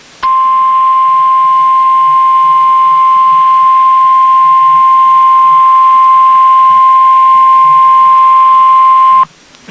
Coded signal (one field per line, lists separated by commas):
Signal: Emergency Alert System (SAME) tones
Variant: 1050 Hz attention tone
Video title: BACK INTO THE ACTION. (pause...) | EAS Alerts from July 10, 2020 (EAS #548-579)